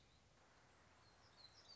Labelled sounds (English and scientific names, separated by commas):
Black-throated Gray Warbler (Setophaga nigrescens)